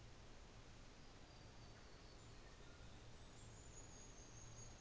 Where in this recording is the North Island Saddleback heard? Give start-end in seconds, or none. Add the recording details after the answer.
none. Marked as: faintness 4/5, faintness 3/5. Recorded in New Zealand on 24 December 2018. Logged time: 13:40